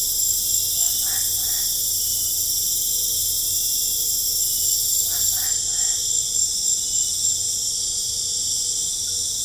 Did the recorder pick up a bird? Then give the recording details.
no. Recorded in pastures near Puerto Asís, Putumayo, Colombia, on 26 December 2024 at 21:00. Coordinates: 0.496, -76.326. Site G004